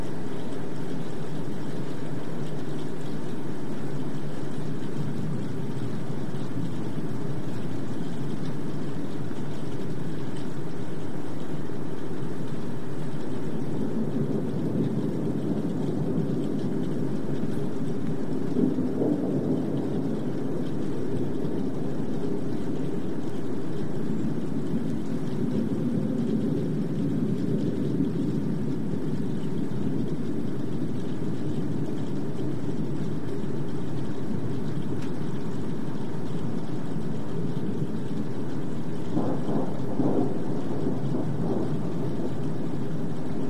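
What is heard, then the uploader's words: A thunderstorm gives a steady, deep rolling rumble that never lets up, with a few faint brief knocks around 19, 28 and 40 seconds. Urban Greenhouse Thunderstorm.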